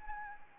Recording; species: mosquito wingbeat signal from an infrared sensor; Anopheles arabiensis